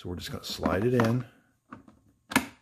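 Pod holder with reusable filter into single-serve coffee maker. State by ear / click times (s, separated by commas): seated / 2.4 s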